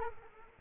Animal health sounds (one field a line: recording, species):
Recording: mosquito wingbeat signal from an infrared sensor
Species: Culex quinquefasciatus